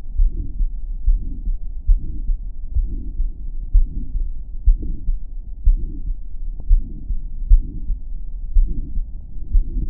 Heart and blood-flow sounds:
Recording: heart sounds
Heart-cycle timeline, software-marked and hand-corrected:
0.00	0.16	diastole
0.16	0.30	S1
0.30	0.58	systole
0.58	0.70	S2
0.70	1.06	diastole
1.06	1.20	S1
1.20	1.48	systole
1.48	1.56	S2
1.56	1.88	diastole
1.88	2.00	S1
2.00	2.28	systole
2.28	2.38	S2
2.38	2.76	diastole
2.76	2.90	S1
2.90	3.18	systole
3.18	3.30	S2
3.30	3.74	diastole
3.74	3.88	S1
3.88	4.16	systole
4.16	4.28	S2
4.28	4.66	diastole
4.66	4.78	S1
4.78	5.08	systole
5.08	5.20	S2
5.20	5.66	diastole
5.66	5.80	S1
5.80	6.10	systole
6.10	6.22	S2
6.22	6.68	diastole
6.68	6.82	S1
6.82	7.08	systole
7.08	7.16	S2
7.16	7.50	diastole
7.50	7.64	S1
7.64	7.86	systole
7.86	7.98	S2
7.98	8.54	diastole
8.54	8.68	S1
8.68	8.98	systole
8.98	9.08	S2
9.08	9.52	diastole
9.52	9.64	S1
9.64	9.90	systole
From the record:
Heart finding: aortic stenosis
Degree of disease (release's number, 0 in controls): 3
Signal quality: good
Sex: female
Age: 72 years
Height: 1.58 m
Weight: 78 kg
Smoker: yes

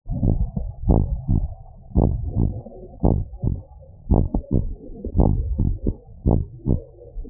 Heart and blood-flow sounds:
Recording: heart sounds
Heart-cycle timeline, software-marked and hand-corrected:
0.00	0.24	systole
0.24	0.36	S2
0.36	0.88	diastole
0.88	1.02	S1
1.02	1.30	systole
1.30	1.42	S2
1.42	1.96	diastole
1.96	2.12	S1
2.12	2.38	systole
2.38	2.50	S2
2.50	3.10	diastole
3.10	3.22	S1
3.22	3.48	systole
3.48	3.58	S2
3.58	4.10	diastole
4.10	4.26	S1
4.26	4.54	systole
4.54	4.66	S2
4.66	5.18	diastole
5.18	5.36	S1
5.36	5.62	systole
5.62	5.74	S2
5.74	6.26	diastole
6.26	6.42	S1
6.42	6.70	systole
6.70	6.80	S2
6.80	7.30	diastole
From the record:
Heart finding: abnormal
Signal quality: good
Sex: male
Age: 76 years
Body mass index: 26.2

